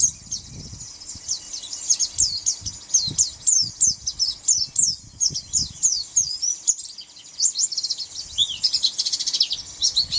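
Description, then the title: White-eye song: dense, high, rapid twittering and slurred chips in a continuous warble, with faint low thumps and rustling beneath. "Pleci"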